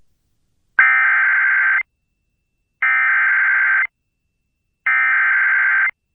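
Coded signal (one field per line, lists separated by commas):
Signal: Emergency Alert System (SAME) tones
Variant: header bursts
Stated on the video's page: Real Severe Thunderstorm Warnings issued by NWS Spokane, relayed by FM broadcast station, recorded from an online live stream.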